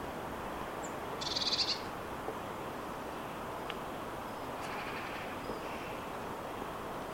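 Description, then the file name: Eurasian blue tit uttering a brief, quiet buzzy churr, with a faint high note just before it, against a steady background hiss. "Cyanistes caeruleus"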